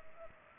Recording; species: mosquito wingbeat signal from an infrared sensor; Culex pipiens